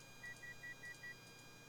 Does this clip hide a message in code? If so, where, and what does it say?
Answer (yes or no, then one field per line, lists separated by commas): no